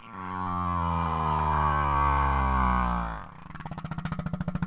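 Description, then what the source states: Humpback whale song unit: a long, steady, low droning moan rich in harmonics for about three seconds, then a quick series of rapid buzzy pulses. Male song; novel songs may help a male stand out to females, males conform to the local song type, songs spread west to east across South Pacific populations.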